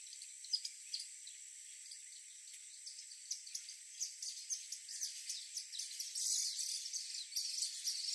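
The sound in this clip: Bird song: rapid high chirps and twitters, growing busier toward the end, over a steady high insect-like hum.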